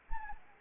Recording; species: mosquito wingbeat signal from an infrared sensor; Anopheles arabiensis